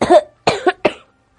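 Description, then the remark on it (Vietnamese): Three short, dry coughs from a man covering his mouth and leaning against a wheelchair come in quick succession, each a harsh burst with a rough tail, the last slightly softer before silence. No voices are heard. “che miệng ho khan vài tiếng tựa vào xe lăn.”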